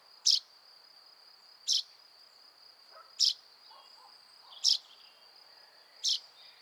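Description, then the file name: Common chaffinch giving five brief, bright call notes at an even pace of roughly one every second and a half, with a continuous high-pitched insect drone behind. "Fringilla coelebs"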